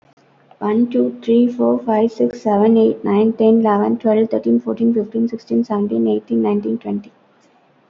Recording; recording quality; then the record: counting at a fast pace; moderate, slight background noise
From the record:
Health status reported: COVID-19 positive, mild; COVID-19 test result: positive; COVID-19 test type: RT-PCR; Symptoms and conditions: cough, sore throat, fever, muscle pain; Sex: female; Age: 35 years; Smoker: no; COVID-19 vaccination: both doses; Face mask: worn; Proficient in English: yes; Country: India